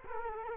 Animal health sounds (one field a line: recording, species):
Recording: mosquito wingbeat signal from an infrared sensor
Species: Culex quinquefasciatus